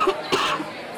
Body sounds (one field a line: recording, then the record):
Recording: coughing mixed with background sound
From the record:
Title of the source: 64 coughing, allergies, singing lungs